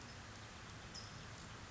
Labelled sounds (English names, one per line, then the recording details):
California Towhee
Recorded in Sonoma County, California